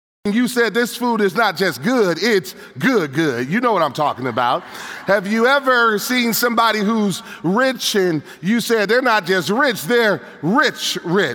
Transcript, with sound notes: When you say, “This food is not just good, it’s good, good!” You know what I’m talking about! (laughter) Have you ever seen somebody who’s rich and you say, “They’re not just rich, they’re rich, rich!”